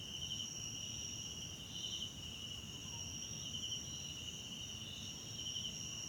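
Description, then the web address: Continuous high-pitched cricket trills with recurring brighter pulses, low rumbling noise underneath. Background chorus of South African crickets recorded at night in a wetland park at Kosi Forest Lodge, South Africa. "Tonschliff - SOUTH AFRICAN CRICKETS BG South Africa Wetland Park Kosi Forest Lodge Night"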